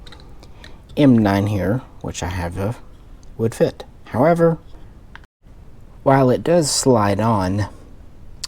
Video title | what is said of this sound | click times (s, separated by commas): The Wild Waffentechnik B2K Bayonet Story (An Eickhorn Clone For My Springfield Hellion VHS2) | it won't latch. | none